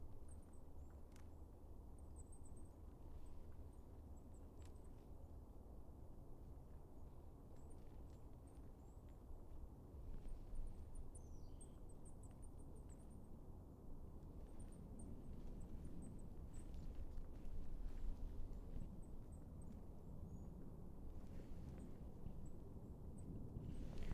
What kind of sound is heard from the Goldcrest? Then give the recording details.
call. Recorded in the wild. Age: adult. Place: Schönow, Naturpark Barnim, Brandenburg, DE. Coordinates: 52.6997, 13.5075. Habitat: pine forest. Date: 2006-12-10 14:32. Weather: no clouds, ca. 8°C, weak winds. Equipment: Sound Devices 702, Sennheiser MKH 70, Popschutz. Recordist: Frommolt, Karl-Heinz